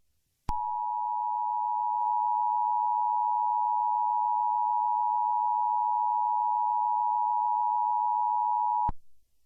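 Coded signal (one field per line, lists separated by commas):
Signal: Emergency Alert System (SAME) tones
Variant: 853 and 960 Hz attention tone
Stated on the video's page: Fictional EAS scenario set in the game Project Zomboid, portrayed as a final radio news transmission.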